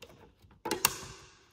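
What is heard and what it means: The spring clip on the back of an M1 Caliber electronic measuring device, a 3D-printed prototype, is opened, placed on the fence of a 12-inch Milwaukee miter saw and clamped down. Faint light taps give way to a burst of handling noise near 0.7 s, then a sharp click at 0.9 s with a short ringing tail. The clip is locked and secure on the fence.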